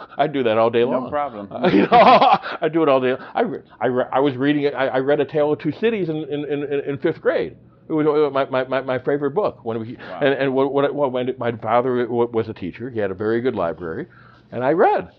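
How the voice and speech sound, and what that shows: An adult man speaks in a relaxed, conversational way, with rapid whole-word and sound repetitions such as "in-in-in-in," "my-my-my-my" and "when-when-wha-when," plus brief restarts and pauses. These repetitions are typical of stuttering disfluencies in adult speech.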